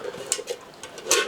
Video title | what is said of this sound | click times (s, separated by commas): ALONE Season 10 - Ten Items Review - Thoughts and Criticisms | like see it stays it locks | 0.3 s, 1.1 s